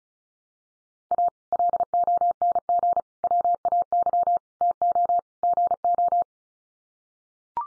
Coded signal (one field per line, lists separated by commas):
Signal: Morse code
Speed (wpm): 34 wpm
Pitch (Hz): 700 Hz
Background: none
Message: A LONG WAY TO GO